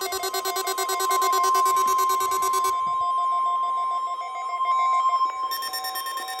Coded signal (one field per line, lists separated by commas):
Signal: Emergency Alert System (SAME) tones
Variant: 1050 Hz attention tone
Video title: EAS - CRP Required Weekly Test on WXK26 and KBNL-FM - 01/04/2023